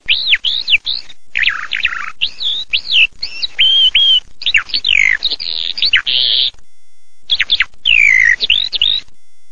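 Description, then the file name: Eurasian skylark song, a fast continuous stream of varied high warbled and trilled notes, rising and falling, broken by a few short silent gaps. "ALLODOLACIP"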